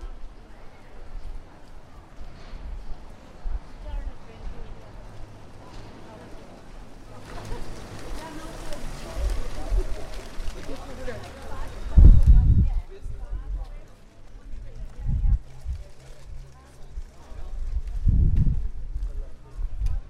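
A walk from Prague Castle toward Charles Bridge, with people talking throughout. Between about 7 and 12 seconds a steady hiss fills the background, and low thumps, perhaps footsteps or passing wheels, come around 12, 15 and 18 seconds.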